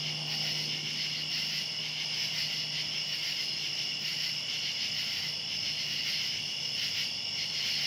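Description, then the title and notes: Cicada: continuous high insect buzzing from cicadas, layered bands droning without pause, with a low hum audible during the first few seconds. Outdoors at night. "Ext. Cicadas, Night by Bandeto"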